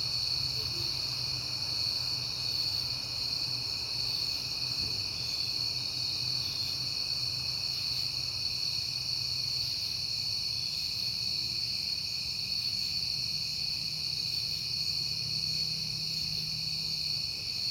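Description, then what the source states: Crickets trill in a continuous high ringing chorus while a low rumble, like a passing car, runs beneath. Crickets recorded at night in September on a peaceful night, with passing cars.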